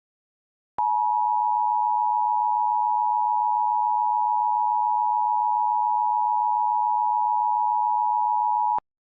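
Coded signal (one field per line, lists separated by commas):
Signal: Emergency Alert System (SAME) tones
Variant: 853 and 960 Hz attention tone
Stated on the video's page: Fictional alternate-history EAS scenario, not real alerts.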